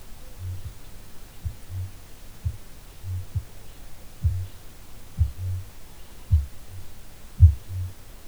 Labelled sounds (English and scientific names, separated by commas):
Kākāpō (Strigops habroptilus) boom